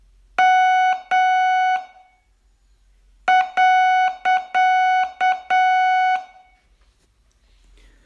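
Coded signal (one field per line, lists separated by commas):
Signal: Morse code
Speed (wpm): 7 wpm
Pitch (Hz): 740 Hz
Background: none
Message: M .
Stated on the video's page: Morse code training, day 19 of a 42-day learning course.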